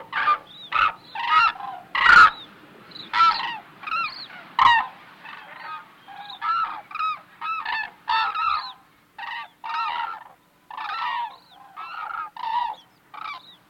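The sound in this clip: Hooded crane calls, a long series of hoarse bugling and honking notes, some with upslurred tails, coming in quick irregular succession, several birds calling together.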